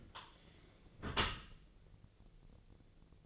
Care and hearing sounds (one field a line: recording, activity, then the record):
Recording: daily activity, microphone in the room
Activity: close dishwasher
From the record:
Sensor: 4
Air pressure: 1001.3 hPa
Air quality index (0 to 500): 180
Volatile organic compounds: 2 ppm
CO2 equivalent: 1289 ppm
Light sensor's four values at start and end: 12/27/11/11 and 12/28/12/12